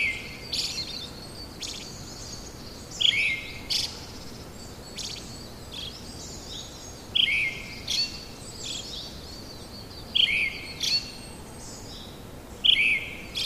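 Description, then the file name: Brown-headed thrush song, four phrases of a short whistled note falling to a warble, each followed by a thin high twitter, with steady background hiss. "akahara"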